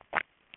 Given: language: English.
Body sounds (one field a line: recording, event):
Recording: throat vibration sensor signal played as sound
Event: swallow